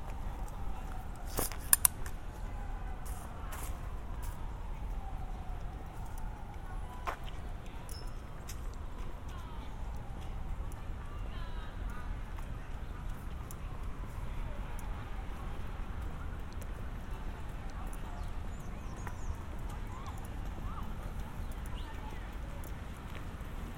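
A walk through Central Park, with a steady low rumble of traffic filling the whole stretch. Voices drift in and out, and sharp clicks and taps come irregularly, a cluster near the start, with what may be hooves clip-clopping.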